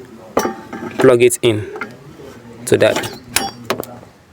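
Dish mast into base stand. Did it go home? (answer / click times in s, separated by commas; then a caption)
yes / 3.4 s, 3.7 s. A satellite dish mast is plugged directly into its base stand while someone talks, and sharp clicks ring out at 3.4 and 3.7 seconds. The clicks show the mast has firmly seated in the stand, so it can no longer be rotated by hand.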